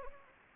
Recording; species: mosquito wingbeat signal from an infrared sensor; Anopheles gambiae